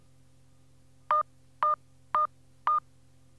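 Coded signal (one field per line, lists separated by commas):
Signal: none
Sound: answering machine message beep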